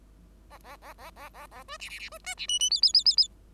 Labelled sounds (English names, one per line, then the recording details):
Bengalese Finch song
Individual Bird5